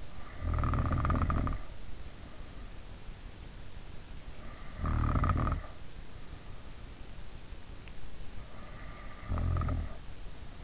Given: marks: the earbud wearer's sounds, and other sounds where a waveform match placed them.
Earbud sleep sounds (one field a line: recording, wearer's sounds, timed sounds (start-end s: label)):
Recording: sounds in sleep by an in-ear microphone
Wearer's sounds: snoring breath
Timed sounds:
0.00-2.91 s: snoring breath
4.17-6.46 s: snoring breath
8.46-10.63 s: snoring breath